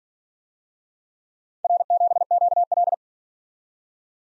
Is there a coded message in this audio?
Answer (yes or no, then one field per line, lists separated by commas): yes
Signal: Morse code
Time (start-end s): 1.6-2.9 s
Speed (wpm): 46 wpm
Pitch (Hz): 700 Hz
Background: none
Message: R7QL